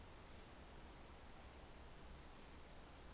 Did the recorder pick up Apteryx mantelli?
no